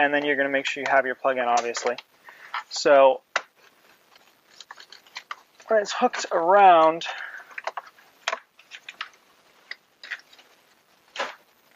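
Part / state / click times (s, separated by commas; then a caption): plastic dash trim panel clips into the car dashboard around the head unit / seated / 8.3 s, 9.0 s, 9.7 s. Someone talks while the plastic dash trim panel around the head unit of a 2018 Hyundai Elantra GT, with its bottom hooked around the lower panel and the plug connected, is pressed back into the dashboard. Sharp clicks are heard at 8.3, 9.0 and 9.7 seconds as its retaining clips snap in, and the panel seats.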